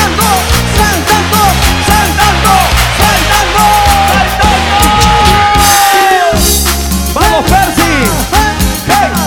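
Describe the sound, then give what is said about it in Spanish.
High-pitched shouts and whoops from women in a crowd ring out over loud, steady band music at a live concert, rising and sliding in pitch across several seconds. “¡Un grito a las mujeres!”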